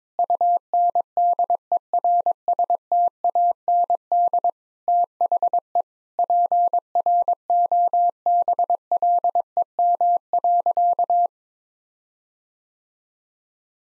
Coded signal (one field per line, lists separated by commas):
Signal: Morse code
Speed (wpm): 22 wpm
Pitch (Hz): 700 Hz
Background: none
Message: UNDERSTAND THE PROBLEM.